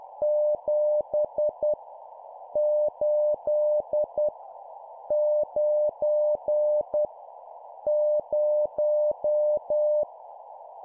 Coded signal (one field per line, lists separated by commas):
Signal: Morse code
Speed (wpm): 10 wpm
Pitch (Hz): 600 Hz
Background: none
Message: 7 8 9 0